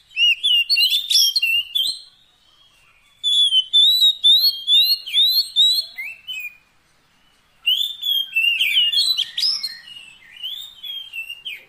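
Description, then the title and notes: Oriental magpie-robin with lively bursts of whistles and chattering notes, grouped in three main phrases separated by silent breaks. Long-duration fill-in (isian) song of kacer, meant to get the bird singing vigorously (gacor) day and night. "Kacer Jadi Gacor Siang Malam. Isian Kacer Durasi Panjang"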